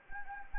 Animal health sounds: mosquito wingbeat signal from an infrared sensor; Anopheles gambiae

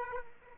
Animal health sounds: mosquito wingbeat signal from an infrared sensor; Aedes aegypti

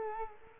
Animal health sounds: mosquito wingbeat signal from an infrared sensor; Culex quinquefasciatus

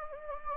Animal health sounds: mosquito wingbeat signal from an infrared sensor; Anopheles gambiae

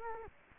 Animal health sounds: mosquito wingbeat signal from an infrared sensor; Culex quinquefasciatus

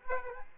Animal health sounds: mosquito wingbeat signal from an infrared sensor; Aedes aegypti

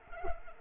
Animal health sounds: mosquito wingbeat signal from an infrared sensor; Culex pipiens

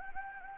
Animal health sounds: mosquito wingbeat signal from an infrared sensor; Anopheles gambiae

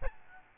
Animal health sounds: mosquito wingbeat signal from an infrared sensor; Aedes albopictus

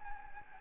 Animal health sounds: mosquito wingbeat signal from an infrared sensor; Anopheles gambiae

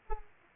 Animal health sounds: mosquito wingbeat signal from an infrared sensor; Aedes aegypti

